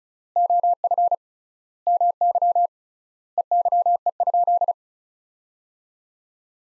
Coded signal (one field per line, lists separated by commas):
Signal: Morse code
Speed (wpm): 36 wpm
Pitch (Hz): 700 Hz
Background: none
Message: OF MY EYE?